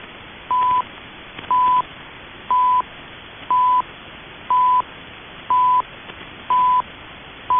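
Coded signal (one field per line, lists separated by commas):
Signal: radio time signal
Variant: CHU Canada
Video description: Rare capture of CHU Canada time signal off the air, the signal was captured during a power cycle.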